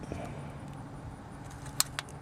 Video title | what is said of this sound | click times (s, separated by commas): How to replace a crankshaft sensor on a 2007 Chevy Avalanche | Alright, I heard the click. | 1.8 s